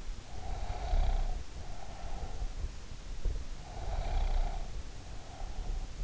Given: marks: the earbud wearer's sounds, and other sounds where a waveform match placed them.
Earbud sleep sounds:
sounds in sleep by an in-ear microphone; breath
0.00-2.71 s: breath
3.46-5.88 s: breath

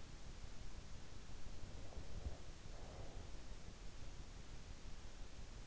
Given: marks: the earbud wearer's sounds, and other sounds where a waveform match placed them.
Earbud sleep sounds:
sounds in sleep by an in-ear microphone; breath
1.39-4.21 s: breath

